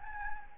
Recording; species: mosquito wingbeat signal from an infrared sensor; Anopheles gambiae